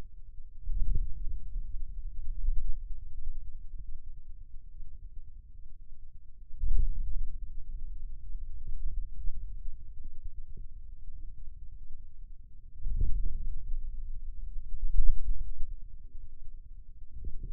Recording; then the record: forearm muscle sounds (acoustic myography)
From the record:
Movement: hand closing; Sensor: system 2, bracelet of six BSWA MPA416 microphones around the upper forearm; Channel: 5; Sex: male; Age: 22 years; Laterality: right